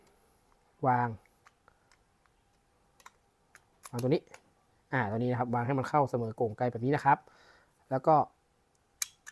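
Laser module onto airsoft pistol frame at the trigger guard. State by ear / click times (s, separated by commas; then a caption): seated / 9.0 s. Someone talks while a laser module is lined up flush with the trigger guard of a Double Bell DB 796BK & 796-1PK (AM.45 PK) Vorpal Bunny gas airsoft pistol, in black and pink, and pressed onto the frame. A few faint small clicks and taps come between the talking, then a sharp, loud snap at 9.0 s as the laser module seats onto the pistol frame.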